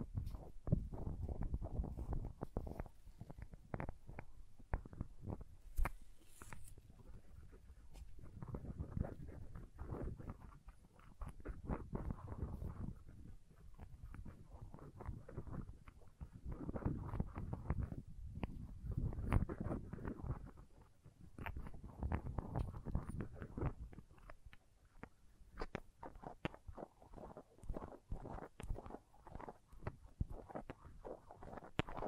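Crayons tap, scrape and cut in dense, uneven bursts of low scratchy strokes and sharp clicks, with brief pauses throughout the half minute.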